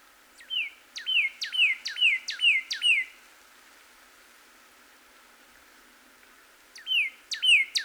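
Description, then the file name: Cardinal singing five repeated whistled phrases that slur downward, falling silent for a few seconds before starting the same phrase again. Recorded on 26 April 2019. "2019-04-26 Cardinal"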